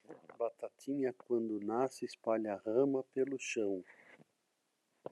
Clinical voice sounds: short text; Brazilian Portuguese; male; 50 to 59 years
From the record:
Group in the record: control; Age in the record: 56 years

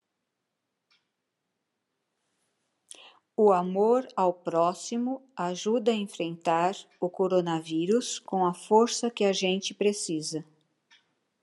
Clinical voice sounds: spoken sentence; Brazilian Portuguese; female; 60 to 69 years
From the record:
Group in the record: control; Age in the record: 68 years

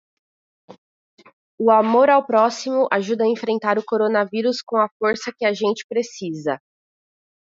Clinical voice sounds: spoken sentence; Brazilian Portuguese; female; 30 to 39 years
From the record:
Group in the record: control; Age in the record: 30 years

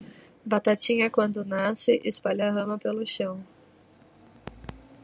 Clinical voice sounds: short text; Brazilian Portuguese; female; 20 to 29 years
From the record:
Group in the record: control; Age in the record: 27 years

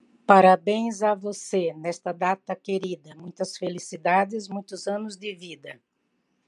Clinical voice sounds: short text; Brazilian Portuguese; female; 70 to 79 years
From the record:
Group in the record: control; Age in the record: 70 years

